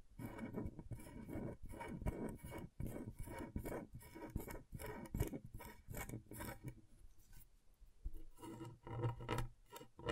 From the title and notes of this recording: ASMR Brain Tingling Scratchboard (No Talking).